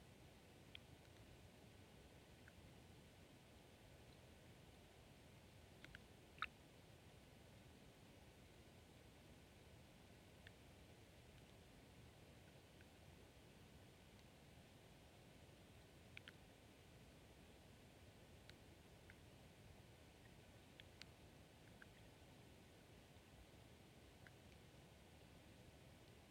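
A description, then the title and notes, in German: A carp pond at night: a steady, soft hiss of low rumble and air fills the whole stretch, unchanging. Scattered faint clicks and small bright ticks break through now and then, a few near 6, 16 and 21 seconds. Unterwasser-Karpfen. Die erste Aufnahme mit meinem Unterwasser-Mikrophon: Ein Karpfenteich in der Nacht. Es war kein Regen und der Bach, der Wasser nachlieferte, war versiegt.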